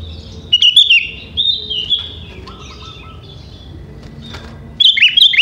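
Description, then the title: Sooty-headed bulbul song: rippling chirpy phrases at the start and end, with a fainter lower whistle in between. "Kutilang"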